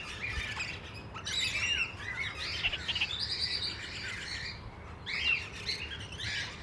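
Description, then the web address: Parrots calling, a jumble of chirps, squeaks and harsh screeches from several birds. Parrots at Nyíregyháza Zoo, recorded in 2010 on the green pyramid. "allathangok nyiregyhazizoo 2010 standardt madarak papagajokazoldpiramistetejen"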